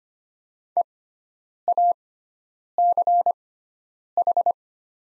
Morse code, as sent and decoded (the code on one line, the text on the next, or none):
. .- -.-. ....
EACH